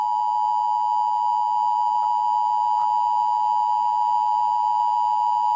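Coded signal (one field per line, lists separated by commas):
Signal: Emergency Alert System (SAME) tones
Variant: 853 and 960 Hz attention tone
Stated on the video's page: Fictional EAS scenario.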